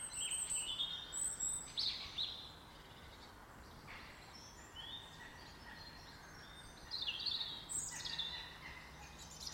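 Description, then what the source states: Birds singing in high chirps and twittering phrases, a burst near the start and another near the end, separated by a quieter stretch of soft background noise. Birds heard in a garden.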